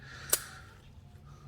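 A metal brake pad abutment clip is pressed into the caliper bracket of a 2015 Toyota Camry front brake with one short, sharp hit at 0.3 s, followed by faint low background hum. The clip is not fully seated, possibly because of debris, so it is popped back out to clean the surface.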